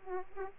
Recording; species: mosquito wingbeat signal from an infrared sensor; Aedes aegypti